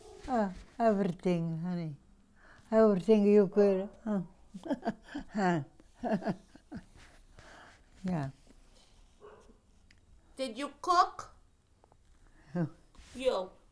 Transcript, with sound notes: Ah, everything, honey. Everything you could... ( SHE LAUGHS )
Did you cook? You?